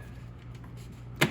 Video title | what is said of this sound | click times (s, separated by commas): VOLANT PERFORMANCE AIR INTAKE SYSTEM INSTALL on a 5th Gen Ram 1500 - HOW TO! | Make sure it clicks into place. | 1.2 s